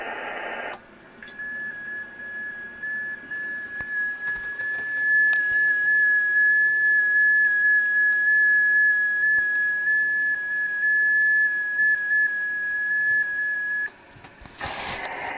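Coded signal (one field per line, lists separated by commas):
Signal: FT8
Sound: single steady warbling tone around 1.7 kHz lasting about 13 seconds, bracketed by hiss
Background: radio hiss bursts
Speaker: well then it seems my Rubik's is working okay on ft8 modes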